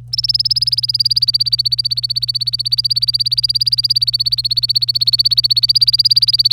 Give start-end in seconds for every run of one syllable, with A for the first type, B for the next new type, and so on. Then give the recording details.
0.13-6.52 A. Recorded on 25 April 2018 at 09:11. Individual llb3